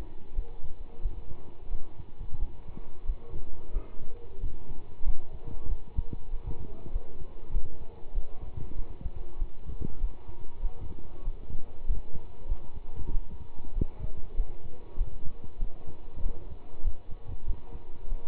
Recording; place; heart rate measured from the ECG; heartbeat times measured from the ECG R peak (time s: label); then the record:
heart sounds by stethoscope; between the tricuspid and mitral areas; 95 bpm
0.34 s: heartbeat
1.00 s: heartbeat
1.68 s: heartbeat
2.37 s: heartbeat
3.04 s: heartbeat
3.71 s: heartbeat
4.39 s: heartbeat
5.03 s: heartbeat
5.66 s: heartbeat
6.29 s: heartbeat
6.91 s: heartbeat
7.51 s: heartbeat
8.12 s: heartbeat
8.75 s: heartbeat
9.37 s: heartbeat
9.99 s: heartbeat
10.60 s: heartbeat
11.23 s: heartbeat
11.85 s: heartbeat
12.47 s: heartbeat
13.11 s: heartbeat
13.74 s: heartbeat
14.35 s: heartbeat
14.96 s: heartbeat
15.58 s: heartbeat
16.22 s: heartbeat
16.82 s: heartbeat
17.45 s: heartbeat
18.08 s: heartbeat
From the record:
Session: pedaling a stationary bicycle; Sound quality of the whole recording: good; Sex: male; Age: 27 years